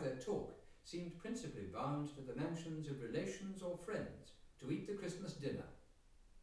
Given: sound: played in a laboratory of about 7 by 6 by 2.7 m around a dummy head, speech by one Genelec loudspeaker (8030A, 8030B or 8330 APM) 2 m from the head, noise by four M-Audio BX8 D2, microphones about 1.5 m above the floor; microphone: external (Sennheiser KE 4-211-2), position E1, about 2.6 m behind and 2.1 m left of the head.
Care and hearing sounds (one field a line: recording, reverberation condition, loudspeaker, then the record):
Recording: male speech in English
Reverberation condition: medium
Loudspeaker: 30 degrees to the right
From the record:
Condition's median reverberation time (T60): about 510 ms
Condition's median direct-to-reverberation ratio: about -0.5 dB